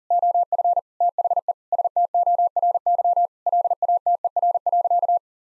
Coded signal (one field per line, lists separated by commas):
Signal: Morse code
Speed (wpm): 40 wpm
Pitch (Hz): 700 Hz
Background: none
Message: OF THE STORY LATER.